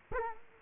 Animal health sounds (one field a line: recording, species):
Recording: mosquito wingbeat signal from an infrared sensor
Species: Culex quinquefasciatus